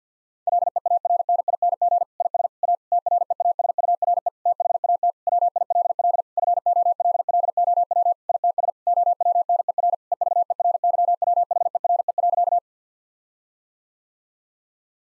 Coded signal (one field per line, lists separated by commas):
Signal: Morse code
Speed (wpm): 50 wpm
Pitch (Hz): 700 Hz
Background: none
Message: LEARNING IS A TREASURE THAT WILL FOLLOW ITS OWNER EVERYWHERE.